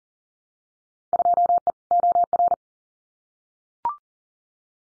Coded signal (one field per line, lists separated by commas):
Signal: Morse code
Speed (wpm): 42 wpm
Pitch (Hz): 700 Hz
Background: none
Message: 2E OR